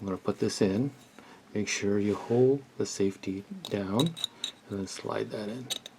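Someone talks while sliding the firing pin into the slide of a CF98 / QSZ-92 pistol, holding the safety lever down, with faint metallic handling sounds under the speech. Nothing has seated or clicked yet.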